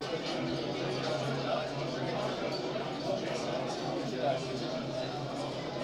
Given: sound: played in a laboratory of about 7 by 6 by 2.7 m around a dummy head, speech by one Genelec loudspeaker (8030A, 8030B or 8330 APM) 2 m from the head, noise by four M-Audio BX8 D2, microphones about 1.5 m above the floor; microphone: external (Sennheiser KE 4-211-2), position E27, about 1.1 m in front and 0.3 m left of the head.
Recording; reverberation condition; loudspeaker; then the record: cafeteria noise; low; four, about 170 cm from the corners of the room and facing them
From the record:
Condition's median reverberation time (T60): about 310 ms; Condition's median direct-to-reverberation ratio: about 3.5 dB